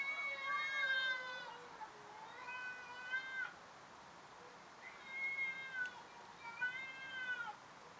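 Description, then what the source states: Cat yowling, long drawn-out wavering wails in several phrases separated by short gaps, over a steady background hiss. Catfight.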